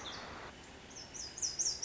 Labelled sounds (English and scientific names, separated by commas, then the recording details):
Lazuli Bunting (Passerina amoena)
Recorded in Sonoma County, California